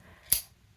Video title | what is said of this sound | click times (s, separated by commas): Bastion Bolt Action Pen | the sound of how strong that mechanism is and how it clicks into place it's pretty fidgety | 0.3 s